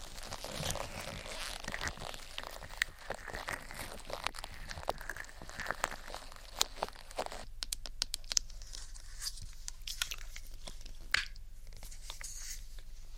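Ear attention triggers: soft rubbing and crinkly friction sounds fill the first half, dense and hissy with a low hum underneath. After about seven seconds it turns sparser, with sharp tapping clicks scattered irregularly, a louder one near eleven seconds.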